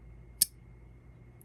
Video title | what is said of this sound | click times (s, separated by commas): Asher Knives Spiro Budget Titanium Framelock | that's a very satisfying little click i do like that a lot | 0.4 s